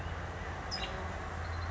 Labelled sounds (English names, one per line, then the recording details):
California Towhee
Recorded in Sonoma County, California